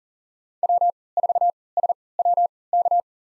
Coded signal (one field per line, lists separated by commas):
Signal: Morse code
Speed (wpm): 40 wpm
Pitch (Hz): 700 Hz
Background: none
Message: W4SWK